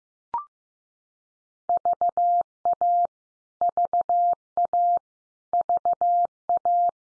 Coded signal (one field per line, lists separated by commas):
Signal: Morse code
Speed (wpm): 15 wpm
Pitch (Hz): 700 Hz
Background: none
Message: VA VA VA